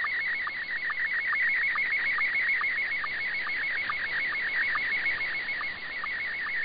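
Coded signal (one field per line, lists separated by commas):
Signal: SSTV (slow-scan television)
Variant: Scottie 1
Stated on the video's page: SSTV received via HAARP on 6900 kHz AM, with much better reception than the previous night.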